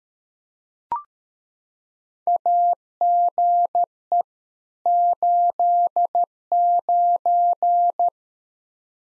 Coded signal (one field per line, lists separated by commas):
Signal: Morse code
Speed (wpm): 13 wpm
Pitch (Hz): 700 Hz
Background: none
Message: AGE 89